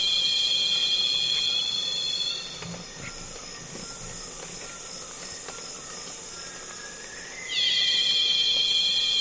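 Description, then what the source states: Cicada call: a loud ringing drone fades out, leaving a hiss of insects and faint buzzing flybys, then a new drone swoops down and resumes loudly near the end. Loud cicadas calling on a calm afternoon in Congo basin rainforest, with other insects flying and buzzing close to the microphones.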